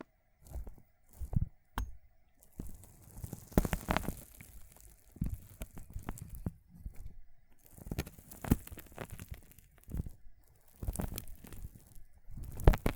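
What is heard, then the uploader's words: Water beads are squeezed and crushed, giving wet, squishy crackles and soft pops in irregular bursts. Busy stretches around four, eight to nine, and eleven seconds alternate with short quiet gaps, ending on a sharp louder squelch. ASMR ONLY Crushing water beads sounds Visual Triggers for Relieving Stress (No Talking).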